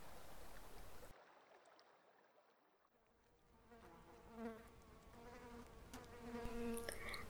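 insect, wasp buzzing

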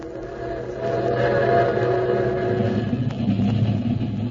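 vehicle, moving train

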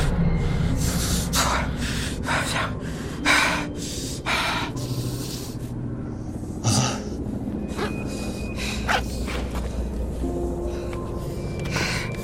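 human body sound, panting

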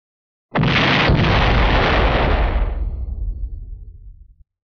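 sound effect, huge explosion boom

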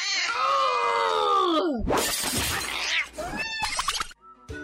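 animal, cat meowing

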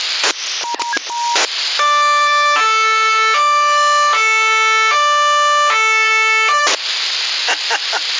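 signal or alarm, siren

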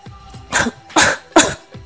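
human body sound, violent dry coughing

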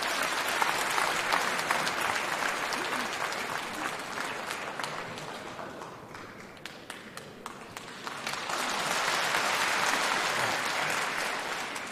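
crowd, audience applause

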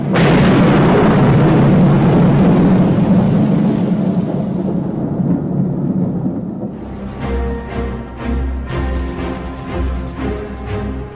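nature, thunder rumbling

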